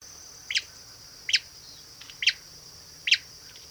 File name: Many colored Rush Tyrant Tachuris rubrigastra rubrigastra